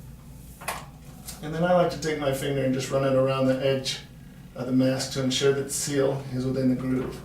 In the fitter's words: just push one at a time they'll click into place